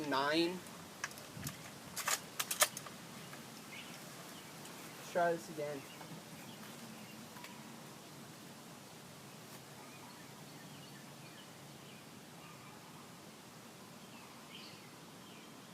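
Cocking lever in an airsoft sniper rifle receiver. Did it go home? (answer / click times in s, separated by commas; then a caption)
no / none. Someone talks and then works the cocking lever in the receiver of an airsoft sniper rifle, producing a series of sharp mechanical clacks and snaps around 1.0 to 2.8 seconds. A few fainter handling sounds follow over quiet background. The lever is being handled and nothing has seated or clicked home yet.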